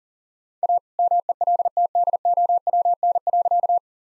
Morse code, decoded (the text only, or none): A MELTDOWN.